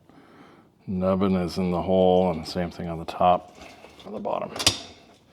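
A plastic clip is handled on the rail of a Maytag MDB9959SKZ dishwasher rack while someone talks, with a few faint handling noises. Nothing has seated or clicked yet.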